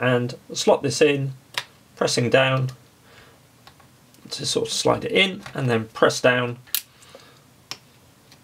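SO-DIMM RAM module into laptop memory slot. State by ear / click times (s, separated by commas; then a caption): seated / 7.7 s. An 8 GB DDR4-3200 SO-DIMM memory module is slid at an angle into the memory slot of a Lenovo IdeaPad 3i 14IIL05 laptop, then pressed down while someone talks. A sharp click at 7.7 s marks the retaining clips snapping the module into place, fully seated.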